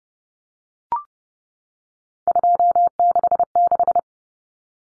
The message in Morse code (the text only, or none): 266